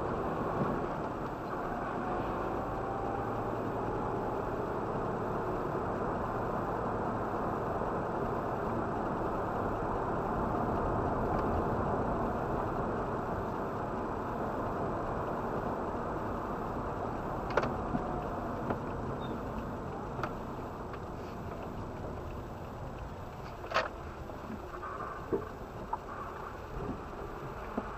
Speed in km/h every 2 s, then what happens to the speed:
31, 36, 39, 39, 39, 39, 38, 37, 34, 27, 17, 13, 10, 8.
0-4 speeds up to 39. 4-15 steady at about 39. 15-28 slows to 8.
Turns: none.